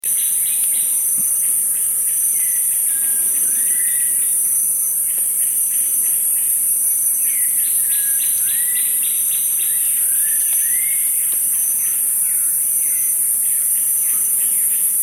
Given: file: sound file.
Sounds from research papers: 81% h.r. 170 Hz high-pass filtered to remove noise due to wind. Sample of a dawn chorus [6.00–6.15 am] recorded in the degraded Ngumburuni forest.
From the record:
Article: Rapid Acoustic Survey for Biodiversity Appraisal

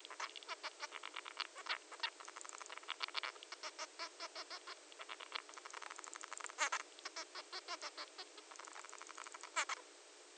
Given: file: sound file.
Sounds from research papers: An example song recorded from the same bird in Audio S1 following left devocalization. Note the absence of higher frequencies in the song.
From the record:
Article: Syringeal Specialization of Frequency Control during Song Production in the Bengalese Finch (Lonchura striata domestica)

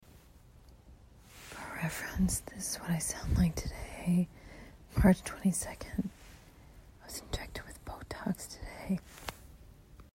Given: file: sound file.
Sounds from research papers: Botox Injection Day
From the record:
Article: Intensive Voice Treatment following Botulinum Neurotoxin Injection for a Speaker with Abductor Laryngeal Dystonia: An Exploratory Case Study

